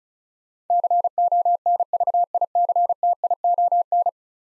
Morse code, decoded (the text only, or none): CONVICTION